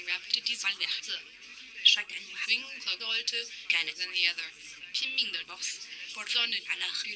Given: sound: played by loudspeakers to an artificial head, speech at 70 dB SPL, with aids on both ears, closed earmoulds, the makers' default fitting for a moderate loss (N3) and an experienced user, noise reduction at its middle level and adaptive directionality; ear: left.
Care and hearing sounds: speech test signal (ISTS) in cocktail-party noise; +6 dB; in front (0 degrees)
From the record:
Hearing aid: class 2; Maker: H

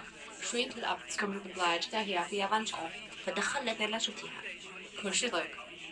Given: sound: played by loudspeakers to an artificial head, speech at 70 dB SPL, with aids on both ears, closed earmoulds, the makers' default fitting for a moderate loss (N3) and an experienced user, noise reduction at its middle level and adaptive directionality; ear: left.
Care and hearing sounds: speech test signal (ISTS) in cocktail-party noise; +9 dB; on the right (90 degrees)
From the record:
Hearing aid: class 2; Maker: E

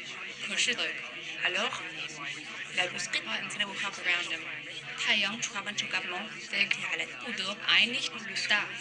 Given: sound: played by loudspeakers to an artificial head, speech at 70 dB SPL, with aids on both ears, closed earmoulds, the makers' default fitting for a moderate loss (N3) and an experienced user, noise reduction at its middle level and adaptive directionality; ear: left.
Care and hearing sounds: speech test signal (ISTS) in cocktail-party noise; +3 dB; in front (0 degrees)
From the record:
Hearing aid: class 2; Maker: G

